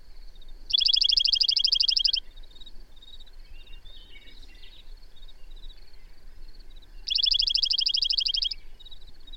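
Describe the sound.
Bird song: two bright, buzzy trills each about a second and a half long, one near the start and one near the end, with soft high ticking in the gap.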